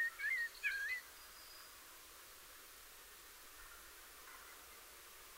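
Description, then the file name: Eurasian blackbird giving a single brief phrase of two or three fluty whistles, then quiet for the rest. "Turdus merula"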